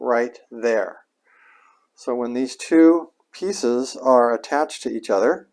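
Someone talks while handling two small plastic pulley pieces for the engine of an iXO Collections Willys Jeep scale model, lining up a notch on one with the indent on the mating part. Only speech and faint handling are heard; nothing has seated or clicked yet.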